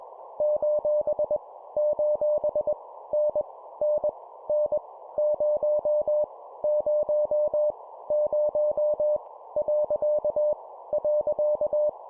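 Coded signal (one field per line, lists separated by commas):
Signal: Morse code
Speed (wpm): 21 wpm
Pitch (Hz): 600 Hz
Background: none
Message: : : N N N 0 0 0 . .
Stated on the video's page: Morse practice at 20 wpm: random letters, numbers and punctuation, each repeated three times.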